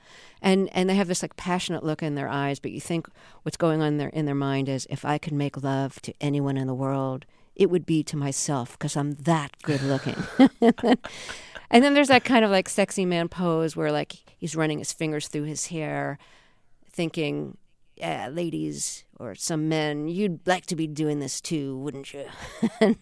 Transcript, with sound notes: And they have this, like, passionate look in their eyes, but you think what's going on in their mind is, if I could make love to anyone in the world, it would be to myself because I'm that good looking.
(LAUGHTER)
And then there's that kind of, like, sexy man pose where, like, he's running his fingers through his hair, thinking, ladies - or some men - you'd like to be doing this too, wouldn't you?